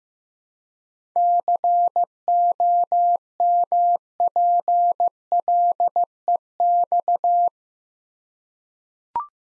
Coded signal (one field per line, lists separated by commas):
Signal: Morse code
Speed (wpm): 15 wpm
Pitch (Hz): 700 Hz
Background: none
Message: COMPLEX